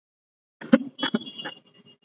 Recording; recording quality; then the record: heavy voluntary cough; moderate, slight background noise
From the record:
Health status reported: recovered from COVID-19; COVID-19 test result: negative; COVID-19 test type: RT-PCR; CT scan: not taken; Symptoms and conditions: cough, fever, fatigue, muscle pain, asthma, hypertension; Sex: male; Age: 40 years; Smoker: yes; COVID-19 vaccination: both doses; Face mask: worn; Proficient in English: yes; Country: India